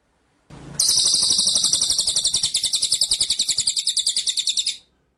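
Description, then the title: White-rumped shama song: one sustained rolling trill of rapid, evenly pulsed high buzzy notes for about four seconds, starting after a brief noisy burst. Masteran (training) track for murai batu; full rolling (ngerol) and shooting (nembak) song style. "Masteran Murai Batu Full Ngerol Nembak"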